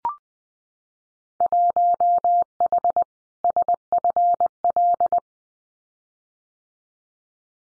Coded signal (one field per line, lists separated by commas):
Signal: Morse code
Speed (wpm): 20 wpm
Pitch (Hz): 700 Hz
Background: none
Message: 1H SFL